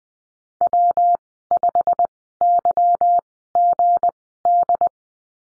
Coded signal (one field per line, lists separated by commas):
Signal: Morse code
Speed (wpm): 20 wpm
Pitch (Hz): 700 Hz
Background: none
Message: W5YGD